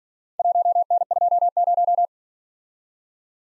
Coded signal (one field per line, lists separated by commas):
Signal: Morse code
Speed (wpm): 46 wpm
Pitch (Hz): 700 Hz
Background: none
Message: 1N20